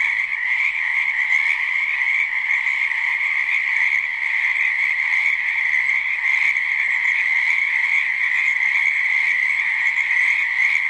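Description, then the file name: Frogs in a dense, unbroken chorus, a steady mid-pitched trilling wall of sound without pauses. "Frogs and Cicadas"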